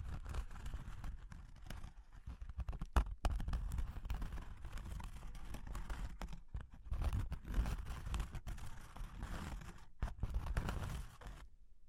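Cork and wood being tapped, scratched and traced, with a steady run of low, dry rubbing and scraping that fills most of the twelve seconds. Sharper knocks stand out near three seconds and again around seven and a half, and brief pauses break up the texture.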